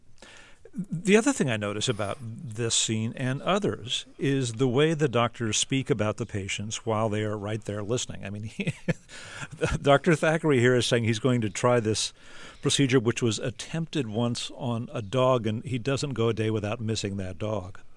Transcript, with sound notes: The other thing I notice about this scene, and others, is the way the doctor speak about the patients while they are right there listening. I mean (laughing), Dr. Thackery here is saying he's going to try this procedure which was attempted once a dog and he doesn't go a day without missing that dog.